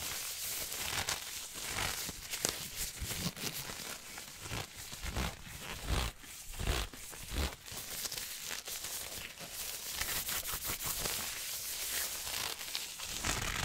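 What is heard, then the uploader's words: Glove sounds: continuous crinkly rubbing and crumpling with bright hiss, broken by irregular soft thumps and sharper rustles throughout. ASMR Glove Sounds For Tingles & Sleep.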